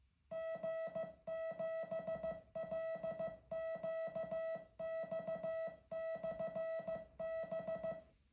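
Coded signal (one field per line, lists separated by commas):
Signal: Morse code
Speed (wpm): 15 wpm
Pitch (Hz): 650 Hz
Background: music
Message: G7LQX/B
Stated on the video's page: Sent by a homebuilt QRP CW transceiver running as a beacon/transmitter at lunchtime.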